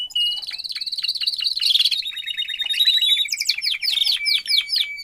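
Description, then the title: Domestic canary song, a fast even trill leading into quick rising and falling notes and sharp chirps, sung without a break. Male Belgian canary singing a lot; meant to warm up and train young canaries. "Canary Training Esquente Seu Filhote E Canario Belga Em 30 Minutos Macho Cantando Muito"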